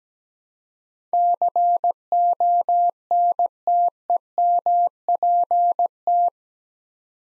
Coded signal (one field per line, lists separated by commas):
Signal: Morse code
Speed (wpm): 17 wpm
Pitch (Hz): 700 Hz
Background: none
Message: CONTEMPT